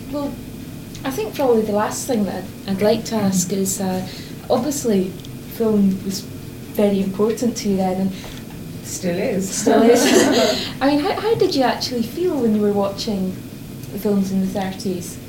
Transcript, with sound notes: Well, I think probably the last thing that I'd like to ask is eh, obviously film was very important to you then.
Still is. [laughs]
I mean, how did you actually feel when you were watching the films in the thirties?